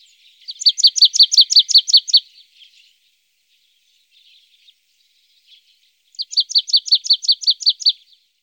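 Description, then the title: Marsh tit song: a rapid, even series of about ten bright chipping notes, delivered twice with a pause of roughly four seconds between phrases. Recorded in Germany, Austria or Switzerland. "Sumpfmeise"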